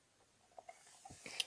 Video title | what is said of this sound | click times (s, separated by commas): How to reset a CQR Security call point | Take this end of the test key, put it in the circle, push it up till it clicks, and it's there. | 1.4 s